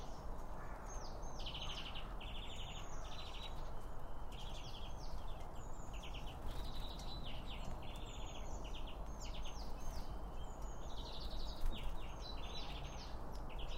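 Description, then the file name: Birds chirp busily throughout, with a continuous run of rapid, buzzy downslurred notes and small twitters over a constant low background hum. Birds around a bird feeding spot, recorded with two Line Audio OM1 microphones. "Birds Around Birdfeeding With Two Om 1 From Line Audio"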